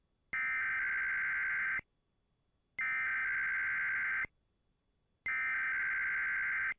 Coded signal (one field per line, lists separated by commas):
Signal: Emergency Alert System (SAME) tones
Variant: header bursts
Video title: EAS 3911-3919: Sunday Morning EAS Tests + SOME Relays From 10/23/22